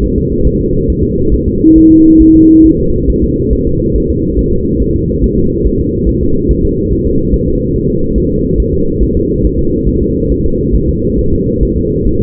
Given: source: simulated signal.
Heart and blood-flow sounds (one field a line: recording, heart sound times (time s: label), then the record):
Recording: fetal heart sounds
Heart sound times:
0.04 s: S1
0.18 s: S2
0.47 s: S1
0.61 s: S2
0.90 s: S1
1.04 s: S2
1.34 s: S1
1.48 s: S2
1.78 s: S1
1.92 s: S2
2.22 s: S1
2.36 s: S2
2.66 s: S1
2.80 s: S2
3.10 s: S1
3.24 s: S2
3.53 s: S1
3.67 s: S2
3.96 s: S1
4.10 s: S2
4.39 s: S1
4.53 s: S2
4.82 s: S1
4.96 s: S2
5.24 s: S1
5.38 s: S2
5.66 s: S1
5.80 s: S2
6.09 s: S1
6.23 s: S2
6.51 s: S1
6.65 s: S2
6.93 s: S1
7.06 s: S2
7.34 s: S1
7.48 s: S2
7.76 s: S1
7.90 s: S2
8.18 s: S1
8.32 s: S2
8.60 s: S1
8.74 s: S2
9.02 s: S1
9.16 s: S2
9.45 s: S1
9.59 s: S2
9.89 s: S1
10.02 s: S2
10.32 s: S1
10.46 s: S2
10.75 s: S1
10.89 s: S2
11.19 s: S1
11.33 s: S2
11.63 s: S1
11.77 s: S2
12.07 s: S1
12.21 s: S2
From the record:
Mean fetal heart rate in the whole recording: 140 bpm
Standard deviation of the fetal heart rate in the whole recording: 2 bpm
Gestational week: 34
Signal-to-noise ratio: -15.3 dB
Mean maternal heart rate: 72 bpm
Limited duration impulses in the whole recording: present